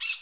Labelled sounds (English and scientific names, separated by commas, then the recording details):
Brown-throated Parakeet (Eupsittula pertinax) contact call
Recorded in Curacao
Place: Hoffi Jan Thiel
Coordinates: 12.094, -68.877